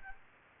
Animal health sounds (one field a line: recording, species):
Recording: mosquito wingbeat signal from an infrared sensor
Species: Aedes aegypti